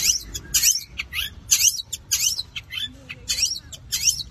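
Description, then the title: Long-tailed shrike song of harsh, squawky high notes in quick uneven bursts, with brief pauses between phrases. Combination song (kombinasi) style. "Cendet Kombinasi"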